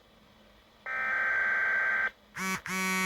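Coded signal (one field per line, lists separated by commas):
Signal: Emergency Alert System (SAME) tones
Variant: header bursts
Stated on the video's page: Compilation of real alerts: required monthly and weekly tests, watches and warnings, and network notification messages, including the 1050 Hz attention tone.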